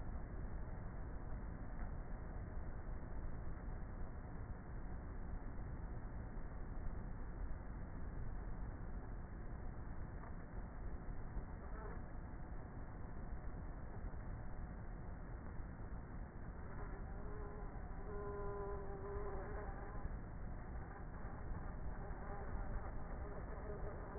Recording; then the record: honeybee colony, microphone inside the hive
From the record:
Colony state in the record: queenless with a low population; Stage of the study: before two queens were removed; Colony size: about 30,000 bees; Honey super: no